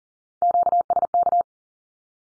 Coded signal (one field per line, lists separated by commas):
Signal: Morse code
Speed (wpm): 40 wpm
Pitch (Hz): 700 Hz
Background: none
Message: QSK